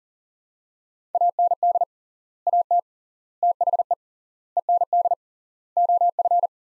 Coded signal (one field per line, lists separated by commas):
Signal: Morse code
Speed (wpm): 40 wpm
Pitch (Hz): 700 Hz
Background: none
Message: AND AT THE END OF